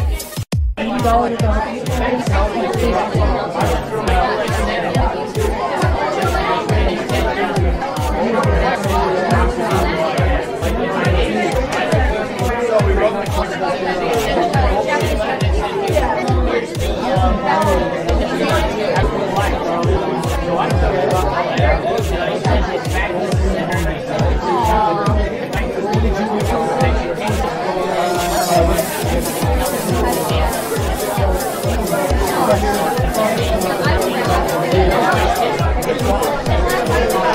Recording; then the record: background sound without coughing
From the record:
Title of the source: Nightlife Party Simulating Party Club Noise 1 Hour